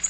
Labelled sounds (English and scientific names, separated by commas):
Black-throated Green Warbler (Setophaga virens) flight call